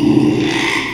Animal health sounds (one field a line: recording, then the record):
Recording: squeal of a Yucatan mini pig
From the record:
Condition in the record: after surgery on the right vocal fold (resection and tissue-engineered implant)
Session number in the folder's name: 1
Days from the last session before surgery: 6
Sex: male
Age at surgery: 12 weeks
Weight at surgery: 13 kg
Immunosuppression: cyclosporine, prednisolone